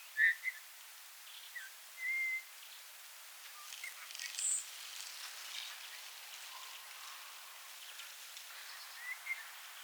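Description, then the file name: Eurasian bullfinch giving soft, piping whistled calls near the start, a longer level whistle at two seconds, and another near the end, over a patter like light rain. "Pyrrhula pyrrhula"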